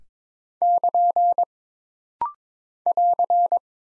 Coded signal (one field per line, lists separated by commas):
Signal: Morse code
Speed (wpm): 22 wpm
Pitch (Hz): 700 Hz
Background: none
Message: <KN> <AR>